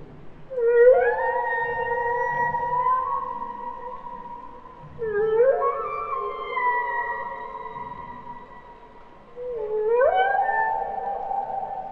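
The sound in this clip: Humpback whale song: three rising whooping cries about four to five seconds apart, each swooping up and then holding a long tone.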